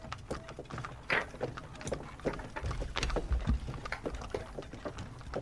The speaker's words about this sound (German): Mensch, hier ist das Geräusch. Jetzt habe ich das nicht gefunden. Und der Pferdekarren rumpelt langsam wieder los. Schon weg.